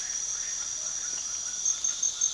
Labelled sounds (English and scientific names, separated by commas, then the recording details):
none
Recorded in pastures near Puerto Asís, Putumayo, Colombia, on 12 March 2025 at 00:30
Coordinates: 0.497, -76.327
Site G072